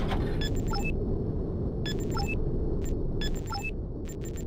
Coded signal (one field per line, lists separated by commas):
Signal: none